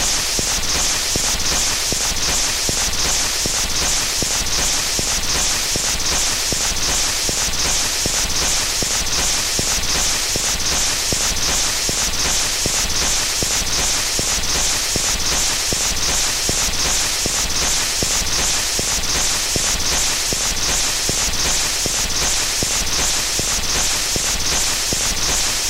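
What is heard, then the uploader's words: Surface static from an old 78 RPM shellac record hisses steadily throughout, bright and dense with a strong high-pitched wash. Fine crackles and tiny pops pepper it evenly, with a faint regular pulsing that hints at the disc's rotation, and the level never changes. Static from an old 78 RMP shellac record.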